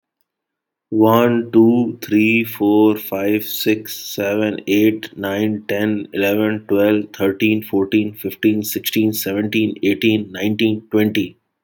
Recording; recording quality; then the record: counting at a normal pace; excellent, no background noise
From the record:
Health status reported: healthy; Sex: male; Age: 26 years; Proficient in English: yes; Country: India